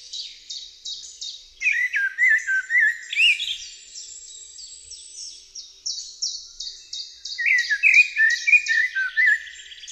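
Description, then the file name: Common blackbird song: two bouts of low, whistled warbling with twittery endings, alternating with rapid, evenly spaced high chirps. "Kos"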